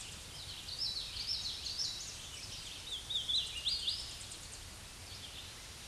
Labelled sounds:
Hooded Warbler (Setophaga citrina) song

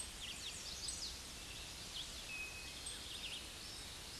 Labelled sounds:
Chestnut-sided Warbler (Setophaga pensylvanica) song

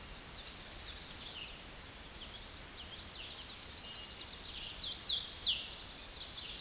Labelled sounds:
Tennessee Warbler (Leiothlypis peregrina) song

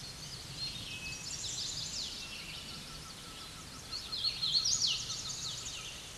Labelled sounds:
Eastern Towhee (Pipilo erythrophthalmus) song

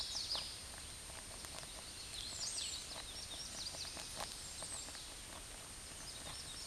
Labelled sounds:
Hooded Warbler (Setophaga citrina) song

